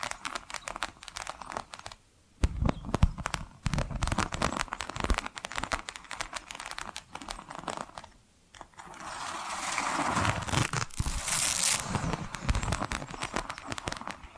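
Dense, rapid tapping and scratching runs throughout, with sharp clicks piling up closely like crinkling material. Brief near-silent gaps fall around two and eight seconds. After the second pause the sound turns into a brighter, steadier scraping hiss that peaks near eleven seconds.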